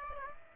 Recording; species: mosquito wingbeat signal from an infrared sensor; Aedes aegypti